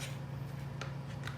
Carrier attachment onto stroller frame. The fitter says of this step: it click and then